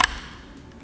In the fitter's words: just like that so we hear that little click and that's in